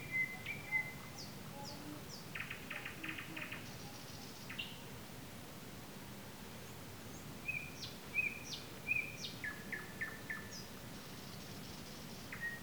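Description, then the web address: Nightingale song with clear level whistles, a burst of rapid clicking notes, a high buzzy trill and a sequence of sharp repeated notes, amid soft background noise. Recorded on 15 May 2022. "slowik-spiew-slowika-15052022"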